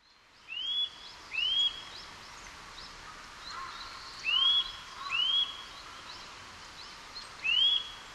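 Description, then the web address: Eurasian nuthatch calls: several upward-sweeping whistled notes, in two pairs and then a single one with pauses between, over a steady background hiss. Recorded 2 April 2011 at Maruyama. "koe gojukara 110402 maruyama namba"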